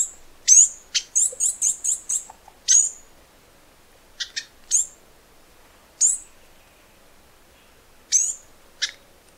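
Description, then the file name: Flame-crested Tanager giving a fast burst of high chips, then single shrill downward-sweeping notes spaced a second or two apart. "canto do tie galo"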